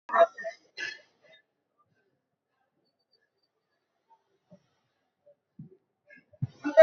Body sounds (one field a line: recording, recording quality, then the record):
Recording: shallow breathing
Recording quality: poor, much background noise or distortion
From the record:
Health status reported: recovered from COVID-19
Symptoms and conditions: none ticked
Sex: female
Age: 36 years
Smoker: not ticked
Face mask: worn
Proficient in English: yes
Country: India